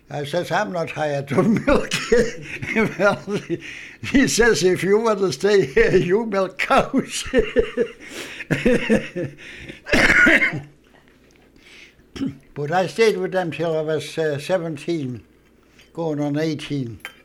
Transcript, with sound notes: I says, "I'm not hired to milk cows." ( he laughs ) She says, "If you want to stay here, you milk cows." ( he laughs ) ( he coughs ) But I stayed with them until I was seventeen going on eighteen.